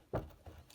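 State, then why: Not seated. A plastic track piece from a 2011 Disney Store Disney Cars Tokyo playset is set against the playset base, making soft contact taps at about 0.1, 0.5 and 0.7 seconds. The piece is not fully connected and does not click in; it only rests loosely at an awkward angle, so nothing has seated.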